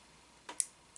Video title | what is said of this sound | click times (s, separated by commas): MONTAGE HOBAO HYPER ST PRO TRUGGY 2 les amortisseurs | Voilà, clac. Quand il a fait le petit clic, c'est qu'il s'est mis dedans, tu vois, ça se met à la main. | 0.6 s